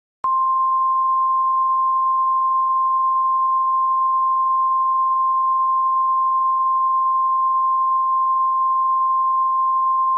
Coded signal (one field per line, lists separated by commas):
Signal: Emergency Alert System (SAME) tones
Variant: 1050 Hz attention tone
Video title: EAS Scenario: Kentucky Coal Mine Fire